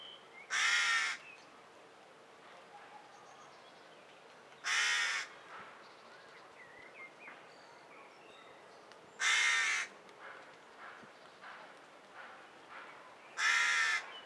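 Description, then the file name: Carrion crow calling with loud rasping caws, four separate calls roughly every four seconds, faint chirps of other birds between them. "Corvus corone"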